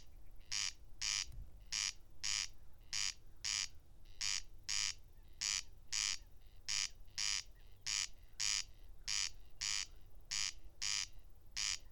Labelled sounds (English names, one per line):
Corn Crake song